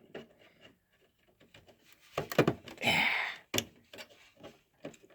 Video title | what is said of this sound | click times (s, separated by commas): Old Vintage Compaq Presario Restoration Part 1 | Ah that's a satisfying click right there | 3.6 s